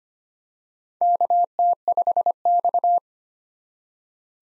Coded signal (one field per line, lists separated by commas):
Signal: Morse code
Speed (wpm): 25 wpm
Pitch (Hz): 700 Hz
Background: none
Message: KT5X